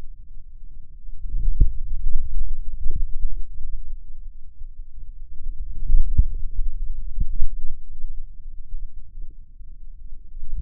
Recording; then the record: forearm muscle sounds (acoustic myography)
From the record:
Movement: hand closing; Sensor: system 2, bracelet of six BSWA MPA416 microphones around the upper forearm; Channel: 5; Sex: male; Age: 22 years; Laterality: right